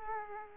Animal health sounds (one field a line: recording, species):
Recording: mosquito wingbeat signal from an infrared sensor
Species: Aedes aegypti